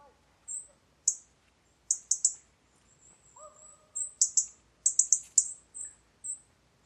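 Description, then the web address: European robin giving very high, thin, short notes in scattered bursts, with a lower steady tone in the middle. "Deverinetal 2025 File origin Bird Only Er Ru"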